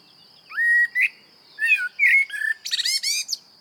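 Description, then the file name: Common blackbird song with rising, fluting whistles that give way to a rapid series of shrill, squeaky twittered notes; constant high faint tone in background. "Turdus merula"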